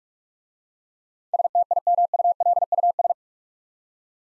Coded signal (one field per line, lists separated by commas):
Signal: Morse code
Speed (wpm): 44 wpm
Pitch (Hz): 700 Hz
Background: none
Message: STIMULUS